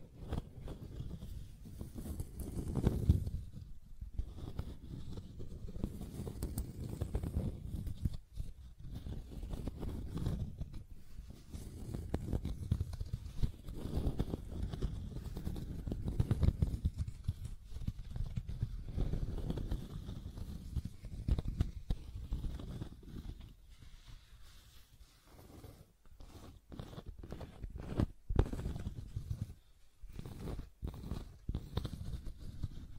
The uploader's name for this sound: Scratching and Tracing Sounds